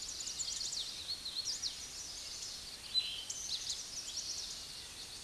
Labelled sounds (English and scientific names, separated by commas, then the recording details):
Eastern Towhee (Pipilo erythrophthalmus) song
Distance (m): 20 m
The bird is about 5 m above the microphone
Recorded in a Pennsylvania forest on 16 May 2024 at 09:07
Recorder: AudioMoth, point MSD-2257
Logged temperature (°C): 16.0 °C
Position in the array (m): 203 m, 176 m